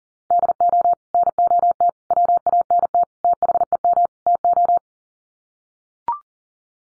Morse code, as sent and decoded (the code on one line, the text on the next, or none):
-.. --- / -. --- - / .-- .- -. - / - .... . -- / - ---
DO NOT WANT THEM TO